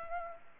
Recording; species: mosquito wingbeat signal from an infrared sensor; Anopheles gambiae